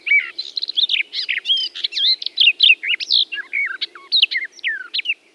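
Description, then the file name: Garden warbler singing a sustained, hurried warbling phrase of mellow, tumbling notes that rise and fall in rapid succession; a faint low hum underneath. "lehtokerttu jan erik bruun"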